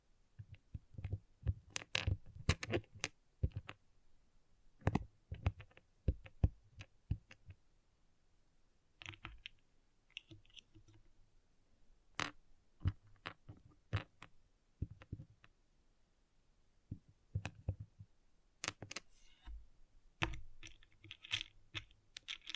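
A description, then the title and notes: Small plastic pixel art beads click and tap in quick, irregular bursts, busiest in the first few seconds and again around seventeen seconds. Brief rattles of beads shifting together appear near nine to eleven seconds and at the end, with near silence between. ASMR Relaxing Pixel Art Beads ( No Talking).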